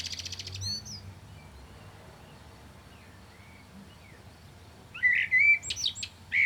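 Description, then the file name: Common blackbird song: a high rattling twitter and faint notes, then loud whistled phrases with squeaky trills near the end. "Turdus merula"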